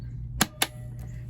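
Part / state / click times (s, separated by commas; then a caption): lid of a single-serve coffee maker closing over the coffee basket / seated / 0.4 s, 0.6 s. The plastic lid of a single-serve coffee maker is closed over the coffee basket after the basket is put back into the machine. Two sharp clicks ring out at 0.4 and 0.6 seconds over a steady low hum, and the lid is seated shut.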